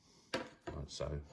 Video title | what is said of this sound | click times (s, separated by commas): DIY Cheap Camera or Smartphone slider | when i'm not using this i can simply just lock it all together like | 0.3 s